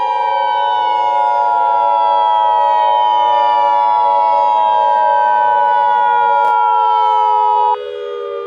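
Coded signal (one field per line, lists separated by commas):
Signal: Emergency Alert System (SAME) tones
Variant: 853 and 960 Hz attention tone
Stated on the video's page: Custom fictional EAS scenario; tones may or may not be valid, alert audio made with text-to-speech software.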